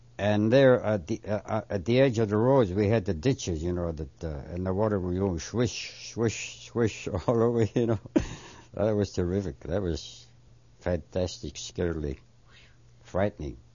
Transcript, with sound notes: and there, at the edge of the road, we had the ditches, you know, that, uh, and the water was going swish, swish, swish, all over, you know. (He laughs.) That was terrific. That was fantastic. Scary. Frightening.